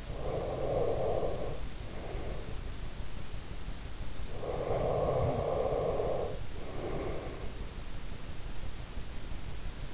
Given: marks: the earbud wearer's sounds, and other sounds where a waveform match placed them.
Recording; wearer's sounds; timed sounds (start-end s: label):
sounds in sleep by an in-ear microphone; breath
0.00-2.71 s: breath
4.34-7.40 s: breath